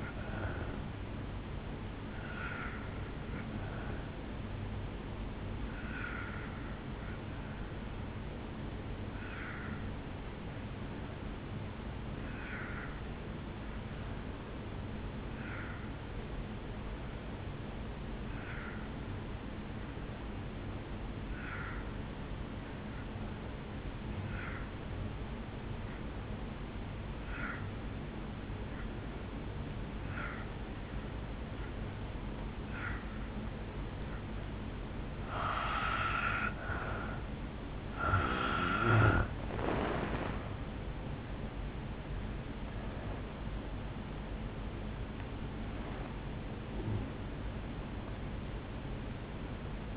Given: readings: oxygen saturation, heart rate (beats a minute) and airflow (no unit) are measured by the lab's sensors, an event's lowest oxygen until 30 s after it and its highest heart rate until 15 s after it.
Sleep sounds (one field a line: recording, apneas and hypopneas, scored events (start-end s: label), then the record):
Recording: breathing in sleep by a voice recorder at the bedside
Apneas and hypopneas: 1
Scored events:
10.00-36.20 s: obstructive apnea (N2, oxygen 94% highest, then 81% lowest, heart rate 57 at the start, 76 highest)
From the record:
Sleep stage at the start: N2 (light sleep)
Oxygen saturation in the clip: 82 to 94%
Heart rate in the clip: 57 to 76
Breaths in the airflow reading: 5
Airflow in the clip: -11.8 to 6.7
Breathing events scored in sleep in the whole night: 449 in 7.0 hours asleep